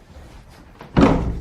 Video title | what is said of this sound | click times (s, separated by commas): How to set up a secret door bookcase | on the floor there's a there's a friction catch so you have to snap it out of that push it open all right Wow | 1.0 s